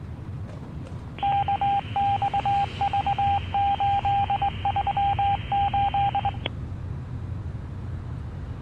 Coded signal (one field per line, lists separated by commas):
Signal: Morse code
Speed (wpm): 20 wpm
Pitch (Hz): 800 Hz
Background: none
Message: KXV838